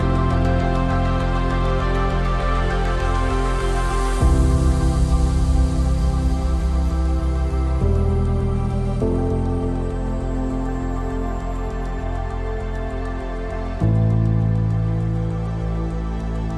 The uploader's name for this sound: Chill Lofi Hip Hop Beat